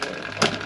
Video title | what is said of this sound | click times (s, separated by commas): Ribble Gravel Tune Up & FAST Tubeless Setup | and there and you go click do you he that click I did a click | 0.4 s